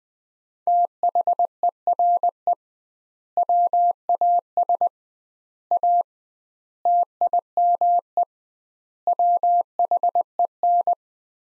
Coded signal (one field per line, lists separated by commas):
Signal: Morse code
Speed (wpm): 21 wpm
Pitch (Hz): 700 Hz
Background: none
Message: THERE WAS A TIME WHEN